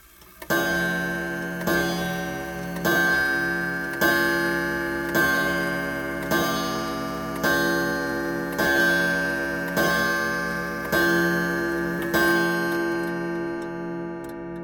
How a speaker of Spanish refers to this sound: A las 11 de la noche, su reloj de pared dio las campanadas.